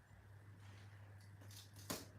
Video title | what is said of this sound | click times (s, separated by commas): BOBAbrickz 🧱 is live | Snaps right in | 1.9 s